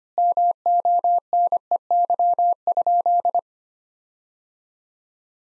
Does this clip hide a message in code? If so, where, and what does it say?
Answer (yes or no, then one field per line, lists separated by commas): yes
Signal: Morse code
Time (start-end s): 0.2-3.4 s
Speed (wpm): 25 wpm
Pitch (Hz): 700 Hz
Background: none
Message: MONEY?